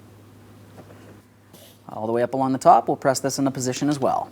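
The upper edge of a plastic front door trim panel on a 2003–2007 Cadillac CTS is pressed into position along the top, working its retaining clips into the car door, while a low steady hum runs underneath. Someone talks from about 1.9 s to the end. Nothing has seated or clicked yet when the clip ends.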